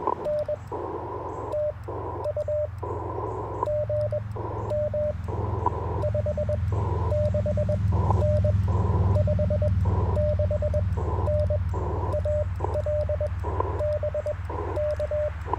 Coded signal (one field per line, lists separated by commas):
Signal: Morse code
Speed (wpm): 21 wpm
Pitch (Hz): 600 Hz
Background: radio noise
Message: N TU GM 56N 56N AL BK